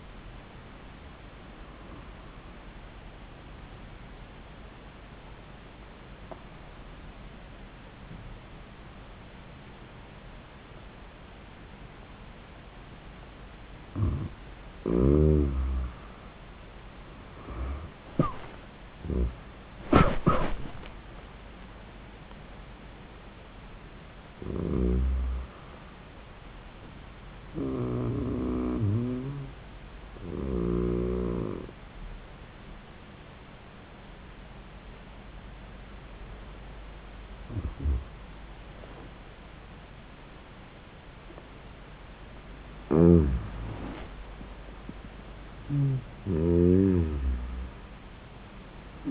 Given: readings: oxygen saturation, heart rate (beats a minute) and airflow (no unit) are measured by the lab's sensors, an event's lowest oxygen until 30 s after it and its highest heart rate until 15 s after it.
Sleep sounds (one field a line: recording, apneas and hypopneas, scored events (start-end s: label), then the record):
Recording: breathing in sleep by a voice recorder at the bedside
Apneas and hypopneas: 2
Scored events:
3.00-14.90 s: obstructive apnea (N1, oxygen 95% highest, then 90% lowest, heart rate 88 at the start, 93 highest)
31.00-44.30 s: hypopnea (N1, oxygen 95% highest, then 90% lowest, heart rate 88 at the start, 91 highest)
From the record:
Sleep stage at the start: N1 (lightest sleep)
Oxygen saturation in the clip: 86 to 97%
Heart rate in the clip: 81 to 93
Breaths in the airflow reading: 8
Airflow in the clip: -19.6 to 22.4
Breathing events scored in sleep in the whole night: 400 in 8.7 hours asleep